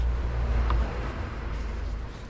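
A small plastic electrical connector is pushed back onto the top of a new diesel glow plug on a Renault Kangoo 2 1.5 dCi. Steady low rumble and handling noise are heard, with a brief sharp tap at about 0.7 s. Nothing has seated or clicked yet.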